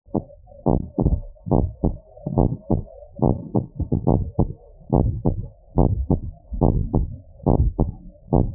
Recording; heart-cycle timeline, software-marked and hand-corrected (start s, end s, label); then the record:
heart sounds
0.00	0.16	systole
0.16	0.24	S2
0.24	0.68	diastole
0.68	0.82	S1
0.82	1.04	systole
1.04	1.18	S2
1.18	1.54	diastole
1.54	1.68	S1
1.68	1.84	systole
1.84	1.94	S2
1.94	2.36	diastole
2.36	2.50	S1
2.50	2.70	systole
2.70	2.82	S2
2.82	3.24	diastole
3.24	3.38	S1
3.38	3.56	systole
3.56	3.66	S2
3.66	4.08	diastole
4.08	4.24	S1
4.24	4.40	systole
4.40	4.50	S2
4.50	4.98	diastole
4.98	5.12	S1
5.12	5.26	systole
5.26	5.36	S2
5.36	5.78	diastole
5.78	5.96	S1
5.96	6.12	systole
6.12	6.20	S2
6.20	6.64	diastole
6.64	6.82	S1
6.82	6.96	systole
6.96	7.08	S2
7.08	7.56	diastole
7.56	7.72	S1
7.72	7.86	systole
7.86	7.94	S2
7.94	8.34	diastole
8.34	8.48	S1
8.48	8.55	systole
From the record:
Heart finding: normal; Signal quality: good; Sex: male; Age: 58 years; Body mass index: 23.4